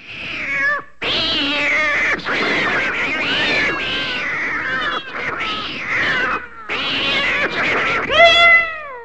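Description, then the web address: Cat yowling in long, wavering, harmonic wails that rise and fall in pitch, almost unbroken with a few short gaps, ending in a high descending cry. "Katzen"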